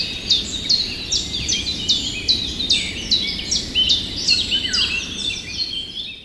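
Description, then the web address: Common chiffchaff song: a steady run of sharp, high notes, about two to three per second, with a brief falling note near the end. Recorded 6 June 2016. "wroblowe kontra pierwiosnek 06 06 2016"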